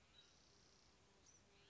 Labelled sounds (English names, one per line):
Spotted Towhee